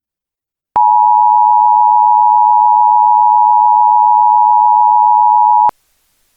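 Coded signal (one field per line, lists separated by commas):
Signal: Emergency Alert System (SAME) tones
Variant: 853 and 960 Hz attention tone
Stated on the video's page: Fictional EAS scenario about a runaway train.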